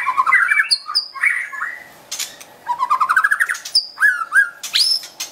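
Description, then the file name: White-rumped shama song: rapid rising series of warbled notes, high clear whistles and dry rattles, with sweeping slurred whistles near the end. Wild bird from forest in Medan, singing actively (gacor). "suara burung murai batu hutan medan gacor"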